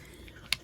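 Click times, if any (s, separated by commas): 0.5 s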